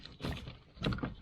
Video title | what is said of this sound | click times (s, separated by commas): IG78 2018 GLC43AMG Stereo Upgrade part 4: Wiring installation | and then snap the top | 0.9 s